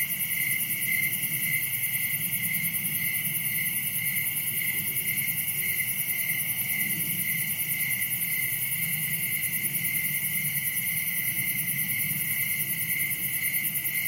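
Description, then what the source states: Crickets chirp nonstop in a thick layered chorus of high trills, over a low background rumble. Crickets, recorded at night in summer in a wooded area of Dell Creek State Wildlife Area.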